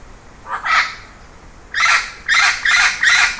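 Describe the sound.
Bird giving harsh, raspy calls: a pair of short notes, a pause, then four rough calls in quick succession, with quiet background hiss.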